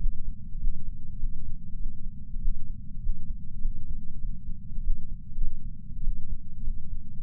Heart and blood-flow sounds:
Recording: heart sounds by patch sensor on the chest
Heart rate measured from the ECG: 99 bpm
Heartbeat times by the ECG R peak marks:
0.59 s: heartbeat
1.19 s: heartbeat
1.79 s: heartbeat
2.40 s: heartbeat
3.01 s: heartbeat
3.61 s: heartbeat
4.20 s: heartbeat
4.82 s: heartbeat
5.35 s: heartbeat
6.03 s: heartbeat
6.64 s: heartbeat
From the record:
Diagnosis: coronary artery disease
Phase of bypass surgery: postoperative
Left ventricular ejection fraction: 34.1%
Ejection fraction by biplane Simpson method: 29.5%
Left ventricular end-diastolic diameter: 66 mm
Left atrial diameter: 43 mm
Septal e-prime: 4.6 cm/s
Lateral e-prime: 6.7 cm/s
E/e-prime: 15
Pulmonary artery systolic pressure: 38 mmHg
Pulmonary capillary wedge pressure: 9 mmHg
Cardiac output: 3.4 L/min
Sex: male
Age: 47 years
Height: 180 cm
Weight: 90 kg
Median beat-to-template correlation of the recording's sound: 0.83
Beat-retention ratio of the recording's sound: 0.99

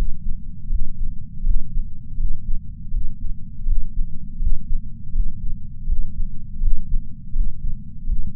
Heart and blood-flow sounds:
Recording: heart sounds by patch sensor on the chest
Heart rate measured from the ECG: 81 bpm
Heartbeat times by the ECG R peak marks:
0.69 s: heartbeat
1.44 s: heartbeat
2.17 s: heartbeat
2.91 s: heartbeat
3.65 s: heartbeat
4.39 s: heartbeat
5.13 s: heartbeat
5.87 s: heartbeat
6.60 s: heartbeat
7.33 s: heartbeat
8.06 s: heartbeat
From the record:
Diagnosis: coronary artery disease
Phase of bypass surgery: preoperative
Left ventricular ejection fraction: 63.3%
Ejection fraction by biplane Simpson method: 60.1%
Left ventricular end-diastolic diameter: 44 mm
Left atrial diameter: 34 mm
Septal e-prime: 5.7 cm/s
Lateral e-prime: 6.6 cm/s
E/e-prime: 12.8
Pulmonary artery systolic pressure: 18 mmHg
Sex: female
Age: 71 years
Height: 150 cm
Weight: 59 kg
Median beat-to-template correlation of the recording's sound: 0.93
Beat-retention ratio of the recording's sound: 0.99

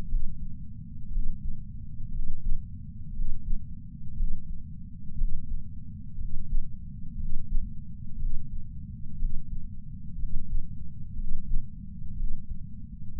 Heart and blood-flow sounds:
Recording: heart sounds by patch sensor on the chest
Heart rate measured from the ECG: 60 bpm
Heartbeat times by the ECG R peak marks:
0.05 s: heartbeat
1.08 s: heartbeat
2.09 s: heartbeat
3.11 s: heartbeat
4.13 s: heartbeat
5.14 s: heartbeat
6.15 s: heartbeat
7.15 s: heartbeat
8.16 s: heartbeat
9.15 s: heartbeat
10.15 s: heartbeat
11.14 s: heartbeat
12.13 s: heartbeat
13.14 s: heartbeat
From the record:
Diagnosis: coronary artery disease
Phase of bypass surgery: postoperative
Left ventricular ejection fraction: 61.7%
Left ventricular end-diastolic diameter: 51 mm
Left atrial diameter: 37 mm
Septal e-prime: 6.5 cm/s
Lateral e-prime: 9.2 cm/s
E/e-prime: 11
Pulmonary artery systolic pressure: 22 mmHg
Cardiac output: 4.8 L/min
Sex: male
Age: 59 years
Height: 168 cm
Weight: 81 kg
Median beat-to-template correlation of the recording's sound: 0.85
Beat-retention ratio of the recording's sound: 1.00

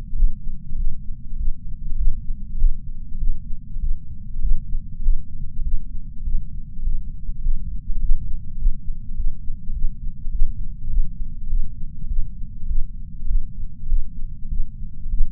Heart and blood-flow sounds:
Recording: heart sounds by patch sensor on the chest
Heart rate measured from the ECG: 100 bpm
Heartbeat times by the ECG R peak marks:
0.16 s: heartbeat
0.77 s: heartbeat
1.38 s: heartbeat
1.97 s: heartbeat
2.58 s: heartbeat
3.19 s: heartbeat
3.81 s: heartbeat
4.41 s: heartbeat
5.02 s: heartbeat
5.64 s: heartbeat
6.24 s: heartbeat
6.84 s: heartbeat
7.43 s: heartbeat
8.01 s: heartbeat
8.58 s: heartbeat
9.16 s: heartbeat
9.74 s: heartbeat
10.32 s: heartbeat
10.90 s: heartbeat
11.49 s: heartbeat
12.08 s: heartbeat
12.68 s: heartbeat
13.27 s: heartbeat
13.88 s: heartbeat
14.50 s: heartbeat
15.10 s: heartbeat
From the record:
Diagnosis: coronary artery disease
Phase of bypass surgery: postoperative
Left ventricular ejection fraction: 66.9%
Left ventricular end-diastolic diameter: 46 mm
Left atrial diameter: 35 mm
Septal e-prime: 7.6 cm/s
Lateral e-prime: 10.1 cm/s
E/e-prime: 8.1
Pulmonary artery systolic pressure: 29 mmHg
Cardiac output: 6.1 L/min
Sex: male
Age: 63 years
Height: 180 cm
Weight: 65 kg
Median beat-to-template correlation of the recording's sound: 0.80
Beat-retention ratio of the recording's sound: 1.00

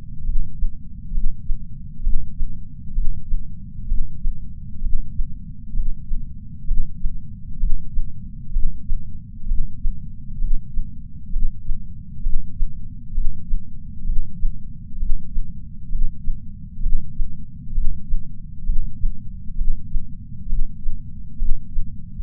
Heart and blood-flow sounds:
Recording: heart sounds by patch sensor on the chest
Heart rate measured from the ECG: 65 bpm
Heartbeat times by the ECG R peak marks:
0.27 s: heartbeat
1.15 s: heartbeat
2.05 s: heartbeat
2.96 s: heartbeat
3.89 s: heartbeat
4.84 s: heartbeat
5.77 s: heartbeat
6.69 s: heartbeat
7.61 s: heartbeat
8.54 s: heartbeat
9.49 s: heartbeat
10.42 s: heartbeat
11.34 s: heartbeat
12.24 s: heartbeat
13.15 s: heartbeat
14.07 s: heartbeat
15.00 s: heartbeat
15.93 s: heartbeat
16.84 s: heartbeat
17.76 s: heartbeat
18.67 s: heartbeat
19.59 s: heartbeat
20.50 s: heartbeat
21.40 s: heartbeat
From the record:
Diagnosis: coronary artery disease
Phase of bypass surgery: preoperative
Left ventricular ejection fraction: 62.1%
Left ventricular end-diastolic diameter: 45 mm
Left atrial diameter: 40 mm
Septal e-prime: 8 cm/s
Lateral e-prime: 10 cm/s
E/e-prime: 5.6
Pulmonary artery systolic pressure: 22 mmHg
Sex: male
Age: 60 years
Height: 170 cm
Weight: 67 kg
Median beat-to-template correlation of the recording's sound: 0.93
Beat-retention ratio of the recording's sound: 1.00

